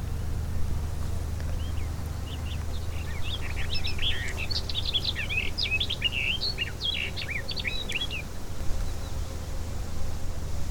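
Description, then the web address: Barred warbler song: a rapid, grating chatter of varied short notes running for roughly six seconds, with steady low-frequency hum throughout. Brandenburg, 2012. "Brandenburg 2012 Sperwergrasmus"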